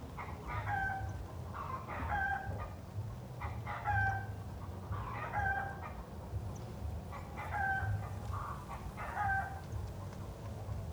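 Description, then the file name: Chickens cackling in bursts, groups of sharp nasal notes recurring over a low droning rumble. Hens cackling in the city. "Galinhas cacarejando na cidade"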